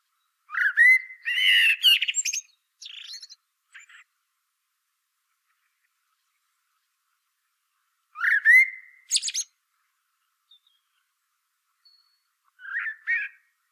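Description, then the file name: Common blackbird singing two main phrases of mellow whistles and scratchy high twitters, separated by a long silence, with a quieter short fragment at the end. "Turdus merula"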